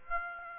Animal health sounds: mosquito wingbeat signal from an infrared sensor; Aedes aegypti

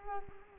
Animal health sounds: mosquito wingbeat signal from an infrared sensor; Culex quinquefasciatus

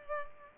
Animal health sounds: mosquito wingbeat signal from an infrared sensor; Culex pipiens

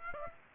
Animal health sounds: mosquito wingbeat signal from an infrared sensor; Aedes aegypti

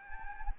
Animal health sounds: mosquito wingbeat signal from an infrared sensor; Anopheles gambiae

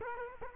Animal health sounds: mosquito wingbeat signal from an infrared sensor; Culex quinquefasciatus

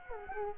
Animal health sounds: mosquito wingbeat signal from an infrared sensor; Culex quinquefasciatus

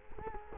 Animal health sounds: mosquito wingbeat signal from an infrared sensor; Culex quinquefasciatus

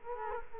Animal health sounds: mosquito wingbeat signal from an infrared sensor; Culex quinquefasciatus

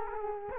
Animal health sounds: mosquito wingbeat signal from an infrared sensor; Culex quinquefasciatus

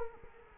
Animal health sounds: mosquito wingbeat signal from an infrared sensor; Culex quinquefasciatus

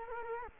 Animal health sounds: mosquito wingbeat signal from an infrared sensor; Culex quinquefasciatus

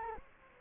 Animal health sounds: mosquito wingbeat signal from an infrared sensor; Culex quinquefasciatus

